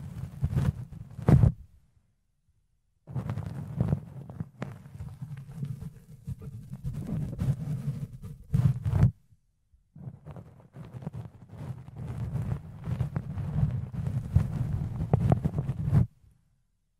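Fluffy ear cleaning, heard as thick, muffled rubbing and brushing that sits low and fills three long bursts, with brief dead-silent gaps near two and nine seconds. Sharp scratchy crackles flick through the rubbing, and two louder thumping strokes land around one second and again near eight to nine seconds.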